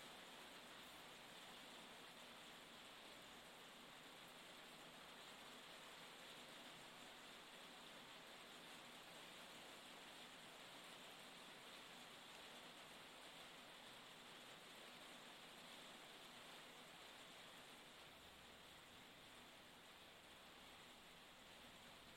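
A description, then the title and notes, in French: Rain falls on a small hut in a dense, steady hiss that holds evenly for the whole stretch. Countless fine drops blur into a bright, constant wash, with a faint low rumble underneath and no distinct events standing out. Session ASMR dans une petite cabane sous la pluie.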